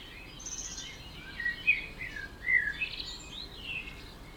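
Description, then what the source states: Birdsong chorus of high chirps and sliding whistles, several brief louder twitters in the middle, no low notes, faint hiss throughout. Dawn chorus at 4 am in Oberhofen, Inntal valley, Austria; binaural recording made for headphone listening.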